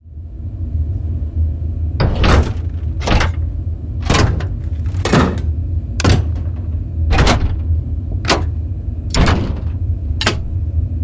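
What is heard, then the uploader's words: Large mechanical levers clack and thud about once a second from two seconds on, each sharp strike over a steady low machine hum. Sounds of large mechanical levers being manipulated and pulled. Industrial Lever Switch Sound Effects.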